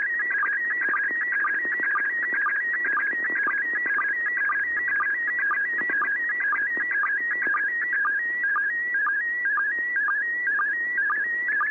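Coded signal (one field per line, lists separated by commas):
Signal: SSTV (slow-scan television)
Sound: warbling tone shifting pitch continuously, with regular short low blips about twice a second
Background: radio static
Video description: ISS Slow Scan Television Broadcast downlink 145.800 Mhz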